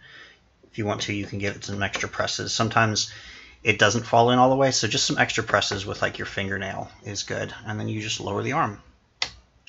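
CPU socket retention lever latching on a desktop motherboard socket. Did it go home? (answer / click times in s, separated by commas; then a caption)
yes / 9.2 s. Someone talks while a Ryzen 7 5700X processor, already dropped into a desktop motherboard socket and given extra presses with a fingernail, has its metal retention arm lowered. The arm latches under its hook with a sharp click at 9.2 s, and the CPU is seated and installed.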